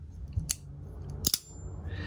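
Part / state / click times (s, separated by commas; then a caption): blade lock of a folding knife / released / 0.5 s, 1.3 s. A folding pocket knife's blade lock is disengaged and releases. A first little click comes at 0.5 s, then a sharp double click at 1.3 s, with faint ticks before each.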